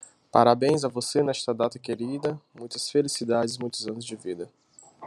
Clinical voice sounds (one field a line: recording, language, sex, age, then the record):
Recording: short text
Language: Brazilian Portuguese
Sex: male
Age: 30 to 39 years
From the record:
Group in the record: control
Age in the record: 33 years